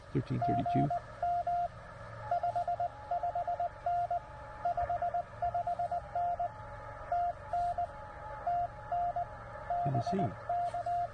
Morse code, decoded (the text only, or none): GM 55N 55N TN TN BK